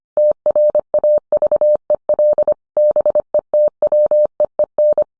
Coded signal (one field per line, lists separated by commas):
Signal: Morse code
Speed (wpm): 25 wpm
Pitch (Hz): 600 Hz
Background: none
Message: TRAVEL BETWEEN